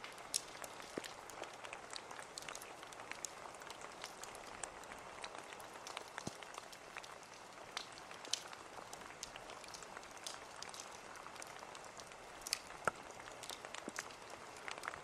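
Steady rain patters densely and evenly throughout, a soft hiss with countless small drops. Sharp crackles and pops from a fire stove break through irregularly, several per second, a few louder snaps standing out near the middle and end.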